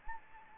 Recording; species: mosquito wingbeat signal from an infrared sensor; Anopheles gambiae